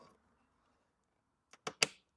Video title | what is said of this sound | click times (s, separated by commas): Make Your Verizon Fios Box STOP Beeping (Quick & Easy Fix) | And you'll hear an audible click. | 1.8 s